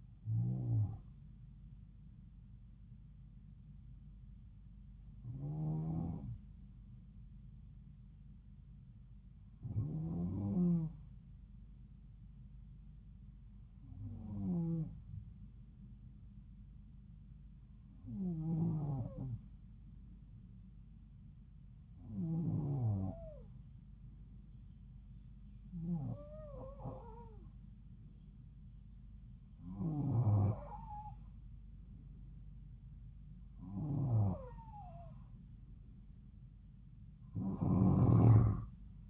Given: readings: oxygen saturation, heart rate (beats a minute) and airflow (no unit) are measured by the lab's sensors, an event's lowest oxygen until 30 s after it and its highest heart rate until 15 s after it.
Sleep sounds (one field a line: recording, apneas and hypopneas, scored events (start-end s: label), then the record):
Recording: breathing in sleep by a smartphone at the bedside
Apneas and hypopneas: 1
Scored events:
13.00-31.20 s: hypopnea (N2, oxygen 94% highest, then 91% lowest, heart rate 71 at the start, 76 highest)
From the record:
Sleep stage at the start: N2 (light sleep)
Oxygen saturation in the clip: 92 to 94%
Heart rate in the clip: 69 to 76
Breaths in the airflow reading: 11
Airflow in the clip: -3.2 to 3.9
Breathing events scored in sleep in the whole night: 270 in 6.1 hours asleep